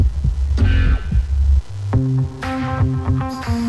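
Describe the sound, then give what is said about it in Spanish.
Deep, muffled heartbeat thumps pulse for a moment, then give way to a bright, ringing musical phrase with sustained tones. “Súmate, un latido por el arte.”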